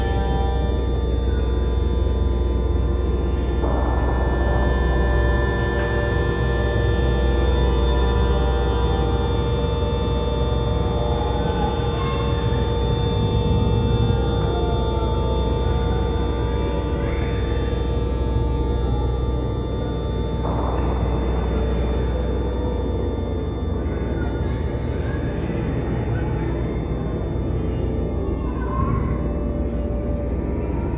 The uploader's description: Skiing – Chairlift Ride – Recorded on Lift